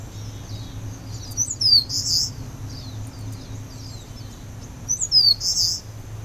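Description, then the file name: Eastern crowned warbler repeats a phrase twice, about three seconds apart, each of quick high slurred notes ending in a coarse buzz, with soft chips and a steady high hum between. "warbler-eastern-crowned -Phylloscopus-coronatus"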